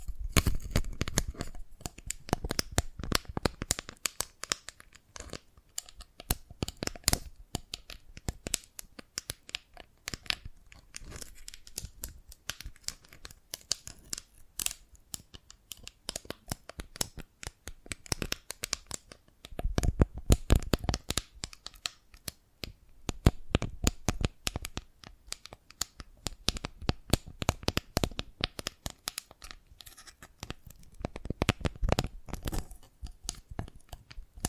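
Dalgona candy being tapped and cracked, a dense run of sharp, bright clicks and snaps that continues for the whole stretch without settling into a steady beat. Busier clusters of cracks come around twenty seconds, with short quieter gaps between flurries.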